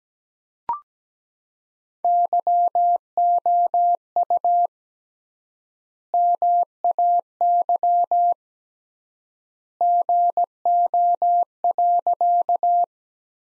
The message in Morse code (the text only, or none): YOU MAY GO.